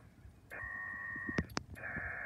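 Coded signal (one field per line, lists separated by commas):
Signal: HF data modem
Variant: PACTOR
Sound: warbling two-tone data burst, two sharp clicks, then a buzzy wideband data burst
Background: radio static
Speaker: now you can hear the pact all signals coming in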